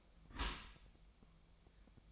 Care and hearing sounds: daily activity, microphone in the room; close dishwasher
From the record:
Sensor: 1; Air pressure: 1004.7 hPa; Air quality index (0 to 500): 120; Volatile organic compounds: 4 ppm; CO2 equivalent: 1663 ppm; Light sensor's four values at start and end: 9/21/8/9 and 9/21/8/9

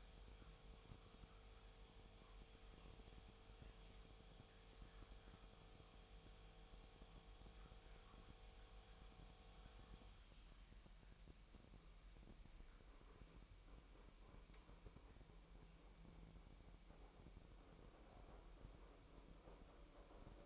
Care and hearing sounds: daily activity, microphone in the room; make coffee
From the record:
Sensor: 1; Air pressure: 1002.0 hPa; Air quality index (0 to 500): 243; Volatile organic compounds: 47 ppm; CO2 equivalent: 3261 ppm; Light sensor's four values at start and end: 8/28/10/11 and 8/28/10/11

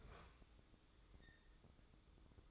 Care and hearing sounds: daily activity, microphone in the room; open fridge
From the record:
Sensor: 3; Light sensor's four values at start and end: 20/57/24/21 and 20/57/24/21

